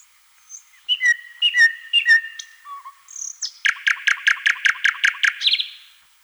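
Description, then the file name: Thrush nightingale song: faint whistles, then stronger slurred tonal notes, and a rapid, even volley of about ten loud clicking notes. "solovey obyknovennyy golos"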